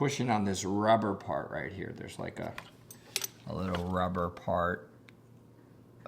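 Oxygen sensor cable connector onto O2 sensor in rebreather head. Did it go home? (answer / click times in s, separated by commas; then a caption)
yes / 5.1 s, 6.1 s. Someone talks while pushing on a small rubber part, then pushes an oxygen sensor cable connector straight onto the third O2 sensor in the rebreather head of a GO mCCR. Sharp clicks are heard at 5.1 s and 6.1 s as the connector clicks in and seats.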